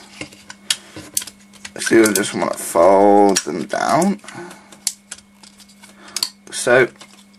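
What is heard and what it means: Plastic arms of a transforming robot toy are handled and folded down toward their slots on the robot body, making sharp plastic clicks and taps between stretches of someone talking over a steady low hum. The clip ends before the arm pegs lock into place at the bottom, so nothing has seated yet.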